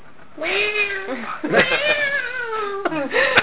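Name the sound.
cat meowing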